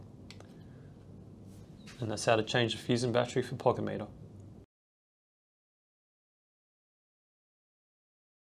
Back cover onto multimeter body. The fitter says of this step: and then you just twist it until it clicks